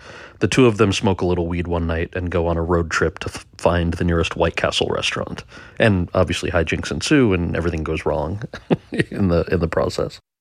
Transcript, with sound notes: The two of them smoke a little weed one night and go on a road trip to find the nearest White Castle restaurant. And obviously, high jinks ensue, and everything goes wrong (laughter) in the process.